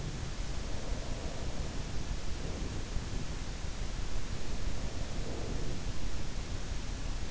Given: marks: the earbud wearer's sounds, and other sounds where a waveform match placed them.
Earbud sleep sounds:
sounds in sleep by an in-ear microphone; breath
0.00-3.08 s: breath
4.13-6.72 s: breath

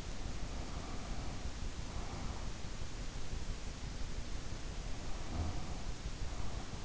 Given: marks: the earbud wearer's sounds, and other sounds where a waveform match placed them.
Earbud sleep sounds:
sounds in sleep by an in-ear microphone; breath
0.00-2.44 s: breath
4.94-6.83 s: breath

